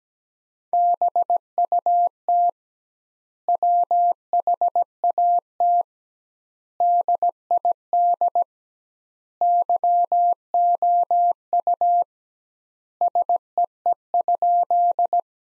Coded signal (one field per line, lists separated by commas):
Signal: Morse code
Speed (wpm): 17 wpm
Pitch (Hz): 700 Hz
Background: none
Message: BUT WHAT DID YOU SEE?